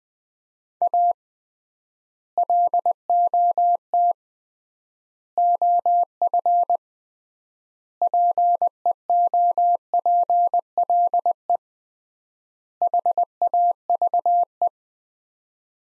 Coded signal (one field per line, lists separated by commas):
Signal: Morse code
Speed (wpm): 21 wpm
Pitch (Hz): 700 Hz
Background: none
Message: A LOT OF PEOPLE HAVE